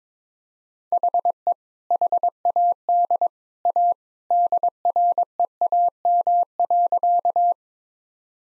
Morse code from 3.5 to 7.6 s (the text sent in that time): A DREAM.